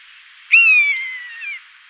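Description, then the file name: Common buzzard uttering one long mewing cry that starts high and glides slowly downward for about a second. "Maeusebussard"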